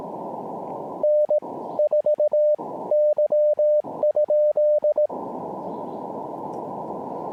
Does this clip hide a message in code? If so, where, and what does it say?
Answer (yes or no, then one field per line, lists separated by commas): yes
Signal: Morse code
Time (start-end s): 1.0-5.1 s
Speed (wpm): 18 wpm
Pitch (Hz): 600 Hz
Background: none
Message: N 4 Y?